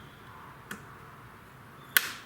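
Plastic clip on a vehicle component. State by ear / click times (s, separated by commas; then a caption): released / 2.0 s. A plastic clip on a Mercedes ML / GLE air filter component is squeezed by hand at two points instead of using the special tool. A faint tick comes at 0.7 s, then a sharp, loud click at 2.0 s as the clip releases.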